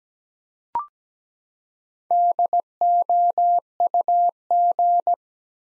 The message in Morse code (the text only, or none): DOUG